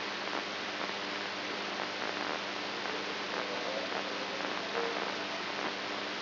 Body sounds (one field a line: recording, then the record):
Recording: brain microelectrode recording played as sound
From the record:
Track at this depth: inside the subthalamic nucleus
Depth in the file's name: 3.518 mm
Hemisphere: right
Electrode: 2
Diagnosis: Parkinson's disease